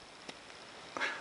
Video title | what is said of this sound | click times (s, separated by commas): Parker Inflection Fountain Pen | you could hear that a little click so it clicks into place nice and snugly | 1.0 s